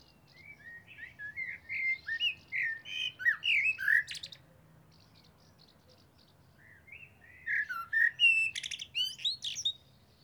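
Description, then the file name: Eurasian blackbird singing two mellow, whistled warbling phrases, each ending in thin high squeaks, separated by about three seconds of quiet. "Turdus merula"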